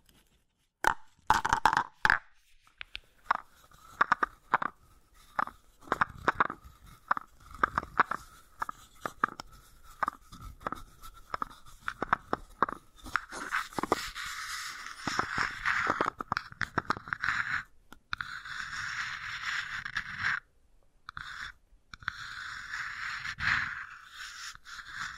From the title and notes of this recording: ASMR Brain Tingly Wooden Ball Triggers (No Talking).